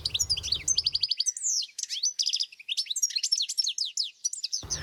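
European goldfinch song: sharp, pointed high notes and quick trills strung together in a rapid, tinkling twitter.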